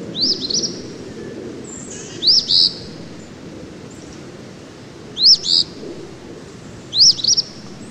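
Eastern phoebe singing four burry, two-part fee-bee phrases spaced irregularly over a low, steady rumble.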